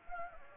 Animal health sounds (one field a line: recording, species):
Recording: mosquito wingbeat signal from an infrared sensor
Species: Anopheles gambiae